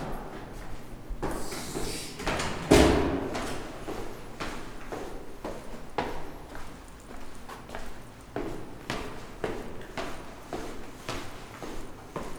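Inside a busy workplace, a low steady hum runs under scattered clicks, knocks and thuds that come every second or so. Near 2.7 seconds a loud bright burst rings out, and faint voices and shuffling fill the gaps.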